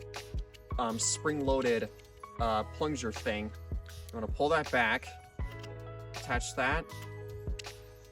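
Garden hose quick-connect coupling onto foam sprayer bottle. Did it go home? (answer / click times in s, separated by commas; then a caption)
yes / 7.6 s. Someone talks over background music while pulling back the spring-loaded collar of a garden hose quick-connect coupling, pushing it onto the nozzle of a foam soap sprayer bottle and releasing the collar. A sharp click at 7.6 s marks the coupling locking in place, and the connection is secured.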